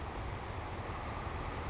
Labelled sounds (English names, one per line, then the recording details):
Savannah Sparrow
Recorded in Sonoma County, California